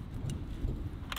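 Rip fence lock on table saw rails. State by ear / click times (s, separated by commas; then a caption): not seated / none. The rip fence lock on the rails of a DeWalt 8 1/4-inch jobsite table saw, model DWE7485, is handled as the fence is moved into position. A low rumble runs under brief sharp, jangly metallic taps near 0.3 s and 1.1 s. Nothing has locked or seated yet.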